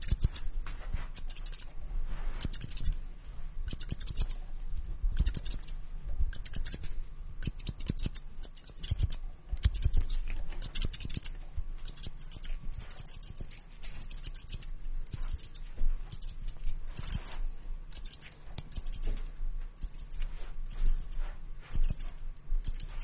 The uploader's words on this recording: Scissors and combs simulate hair cutting, 360-degree immersive experience.